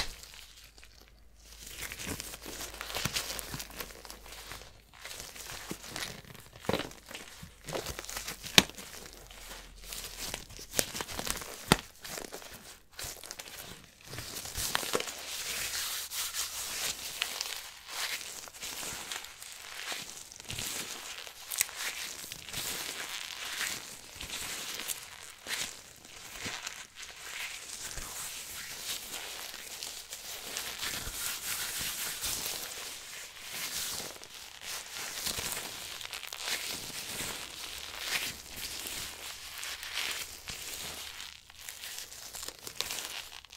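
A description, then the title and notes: Glove sounds: dense, continuous crinkling and rubbing with frequent sharp rustles, bright and hissy, steady throughout with occasional louder crackles. ASMR Glove Sounds For Tingles & Sleep.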